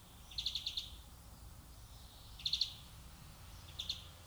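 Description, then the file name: European greenfinch calls: three quick bursts of dry, rapid chipping notes, the first burst longest with about five notes, the later ones shorter, over low steady background rumble. "Chloris chloris"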